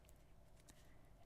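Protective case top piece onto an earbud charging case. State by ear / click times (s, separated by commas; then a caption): seated / 0.1 s, 0.7 s. The plastic top piece of a protective case is pressed down over the lid of an AirPods wireless earbud charging case until it snaps into place. Two short, sharp clicks sound at 0.1 s and 0.7 s over a low background hum, and the top piece is seated.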